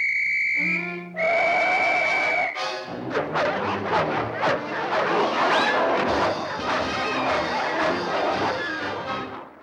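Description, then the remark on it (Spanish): Two shrill, steady police-whistle blasts open, the second held longer, then give way to a loud jumble of clattering crashes and bangs that continues to the end. “¿Crees que te diré que es un silbato de policía?”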